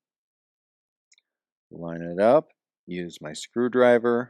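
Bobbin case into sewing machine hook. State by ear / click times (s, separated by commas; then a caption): not seated / none. A metal bobbin case is put back into a sewing machine hook and lined up with a screwdriver, with faint light contact taps at about 1.1 and 1.2 seconds. Someone talks through the rest of the clip. The case has not seated or clicked into place yet.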